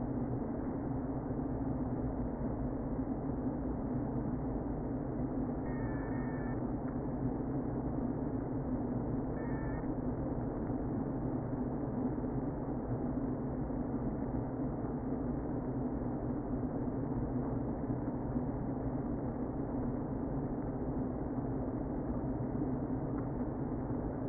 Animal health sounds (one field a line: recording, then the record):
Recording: honeybee colony, microphone inside the hive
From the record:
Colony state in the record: queen present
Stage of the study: before two queens were removed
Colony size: about 60,000 bees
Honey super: yes